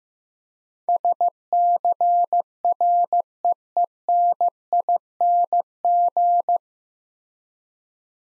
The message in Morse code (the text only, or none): SCREENING